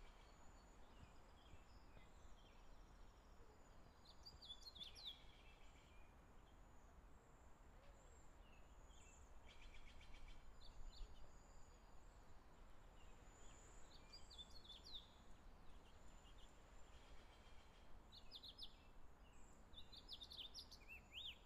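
Wild birds chirp and sing over a steady outdoor hush, with bursts of bright, high calls clustered around five, ten and eighteen seconds. A faint high insect-like whine runs throughout beneath a low rumble of wind.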